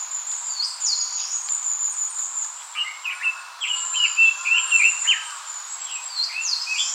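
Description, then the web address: Eastern crowned warbler song, a run of sharp chirping notes in the middle, over a continuous high insect drone and a few higher bird notes. Recorded 29 April 2014. "birdenaga sendaimusikui"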